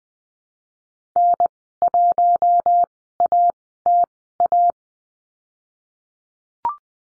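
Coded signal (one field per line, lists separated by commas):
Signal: Morse code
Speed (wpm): 20 wpm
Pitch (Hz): 700 Hz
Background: none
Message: N1ATA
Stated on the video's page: Morse lesson drill on the letter R and call signs, sent at Farnsworth speed 20/10 wpm.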